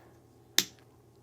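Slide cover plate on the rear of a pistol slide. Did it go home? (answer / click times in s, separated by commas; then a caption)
released / 0.6 s. The slide cover plate on the rear of a Glock 43/43X/48 pistol slide is pushed down and slid off the back while the striker and extractor springs are under tension. It releases with a single sharp, bright pop at 0.6 s that quickly decays into a faint short tail over quiet background. The cover plate pops free.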